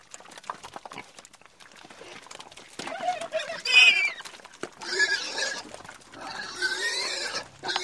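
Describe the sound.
Pig squeals and grunts, scattered rough snorts early, then a sharp squeal near the middle followed by bursts of overlapping harsh squealing toward the end.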